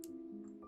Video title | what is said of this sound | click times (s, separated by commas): 【4K】頭腦想了一個月的搭配『Seiko SRPL-91錶帶怪獸遇上 Forstner Comfit Mesh』一萬元復古 Seiko 5，太空人手錶 × 登月計畫 × 經典設計全收錄，NASA | if you hear a click, we installed it correctly. | 0.0 s